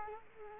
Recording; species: mosquito wingbeat signal from an infrared sensor; Culex quinquefasciatus